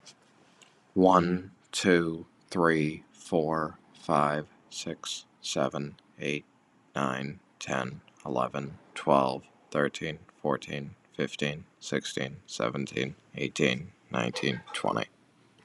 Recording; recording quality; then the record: counting at a normal pace; excellent, no background noise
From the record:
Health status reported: healthy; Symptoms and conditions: none ticked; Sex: male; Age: 29 years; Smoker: not ticked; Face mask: not worn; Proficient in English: yes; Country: United States